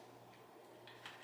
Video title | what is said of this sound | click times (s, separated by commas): Bell Race Star Flex DLX Helmet Review | I say to put it back in just push it back in the hole and push it until it clicks | 0.9 s, 1.1 s